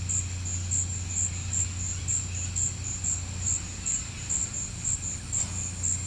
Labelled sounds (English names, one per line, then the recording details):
none
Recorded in pastures near Puerto Asís, Putumayo, Colombia, on 15 December 2024 at 16:30
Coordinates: 0.505, -76.324
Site G063